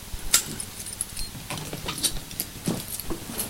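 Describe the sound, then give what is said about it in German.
Keys jingle and rattle with a few sharp metallic clicks as a key works the lock and latch of a suitcase open, an irregular series of bright clinks with no voices. “Bitte öffnen Sie den Deckel. Hier ist der Schlüssel.”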